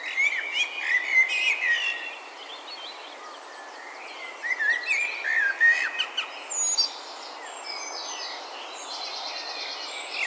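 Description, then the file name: Common blackbird giving two bursts of warbling whistles a few seconds apart, followed by quieter high notes. "Turdus merula"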